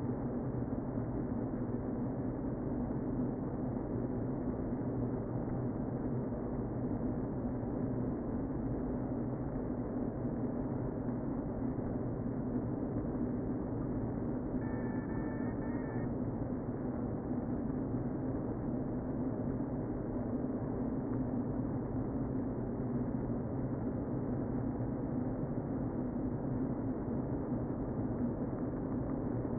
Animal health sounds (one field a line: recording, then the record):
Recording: honeybee colony, microphone inside the hive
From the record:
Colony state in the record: queen present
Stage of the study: before two queens were removed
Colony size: about 60,000 bees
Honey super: yes